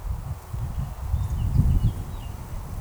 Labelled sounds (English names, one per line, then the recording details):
Eurasian Woodcock
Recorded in Baden-Württemberg, Germany, on 13 June 2020 at 19:18 UTC
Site 43791, 788 m above sea level